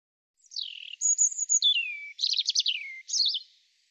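European robin song: a falling thin whistle, a high held note sliding down, then a rapid rattling trill and a final twittered flourish, crisp and unaccompanied.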